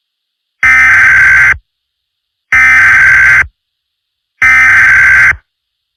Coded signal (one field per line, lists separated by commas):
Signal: Emergency Alert System (SAME) tones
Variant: header bursts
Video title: EAS ￼ has appeared right now on tv phones, and other stuff